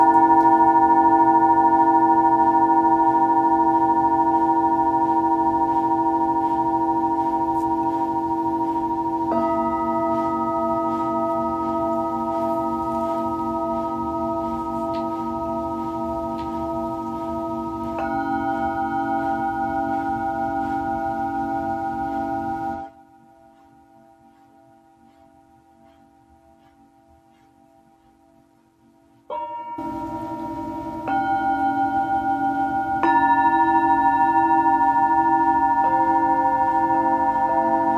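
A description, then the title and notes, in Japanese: Singing bowls ring in a long, sustained drone with a steady low hum beneath, the blend of tones shifting at about 9, 18 and 33 seconds. The sound drops to near silence from roughly 23 to 29 seconds, then the bowls resume at full strength. シンギングボウルのサウンドヒーリング。チベタンシンギングボウル。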